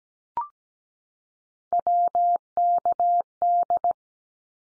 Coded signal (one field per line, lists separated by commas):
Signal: Morse code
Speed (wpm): 17 wpm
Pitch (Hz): 700 Hz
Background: none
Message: WKD